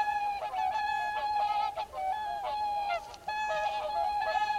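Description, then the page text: Mute swan honks, a continuous chorus of nasal harmonic calls with a steady underlying tone and brief louder bursts. "Ciripituri în naturăLebăda mută sau Lebăda de vară – Cygnus olor"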